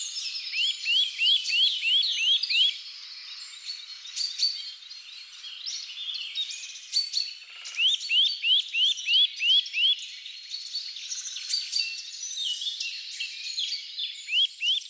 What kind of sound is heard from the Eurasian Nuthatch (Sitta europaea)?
song